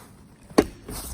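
A campervan's pop-top roof is pulled down from inside by its handle until the catch on the first side gives a single sharp click at 0.6 s. This is only the first of two locking stages, so the catch is not yet fully home. A softer rustle follows around 0.9–1.1 s.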